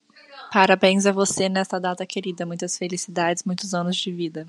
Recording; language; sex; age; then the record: short text; Brazilian Portuguese; female; 20 to 29 years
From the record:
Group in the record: control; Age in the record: 21 years